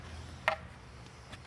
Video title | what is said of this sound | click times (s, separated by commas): 2017 Ford F150 Skull Cap Replacement on outside rear view mirror | I'm gonna snap this into place | 0.5 s